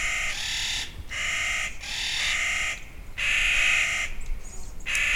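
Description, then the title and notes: Clark's Nutcracker giving a run of loud, drawn-out, grating calls following one another with brief pauses. A summer band counter singing; close cohorts of the endangered whitebark pines of the Pacific Northwest. "a summer band of Clark's Nutcrackers -- counter singing -- close cohorts of the endangered WHITEBARK Pines, great NESTOR of the Pacific NORTHWEST"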